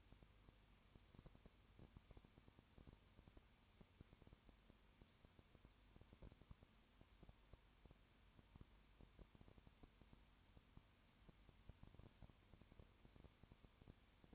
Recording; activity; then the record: daily activity, microphone in the room; no activity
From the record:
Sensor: 2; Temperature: 20.8 degrees Celsius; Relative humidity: 38.3%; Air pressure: 1010.5 hPa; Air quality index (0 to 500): 200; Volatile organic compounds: 19 ppm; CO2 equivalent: 2653 ppm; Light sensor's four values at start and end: 2/3/2/2 and 2/3/2/2